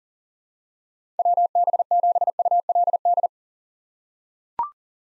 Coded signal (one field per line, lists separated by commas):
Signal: Morse code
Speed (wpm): 40 wpm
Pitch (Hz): 700 Hz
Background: none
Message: WB7ULD